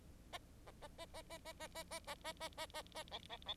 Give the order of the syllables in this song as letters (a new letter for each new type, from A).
A A A A A A A A A A A A A A A B B B